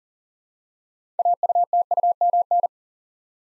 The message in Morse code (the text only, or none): AUTUMN